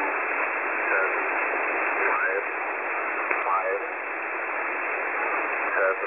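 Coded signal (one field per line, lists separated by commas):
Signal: numbers station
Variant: E06 English Man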